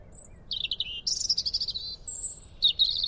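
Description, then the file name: European robin song: a high thin whistle, a falling stuttered phrase, a buzzy rapid trill, another long high note, then a closing warble, over faint low noise. "Erithacus rubecula"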